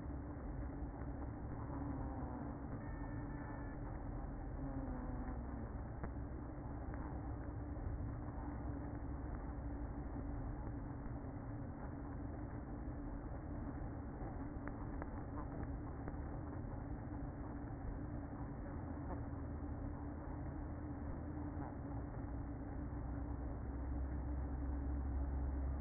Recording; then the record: honeybee colony, microphone inside the hive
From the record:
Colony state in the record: queen present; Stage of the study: after two queens were removed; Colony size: about 60,000 bees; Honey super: yes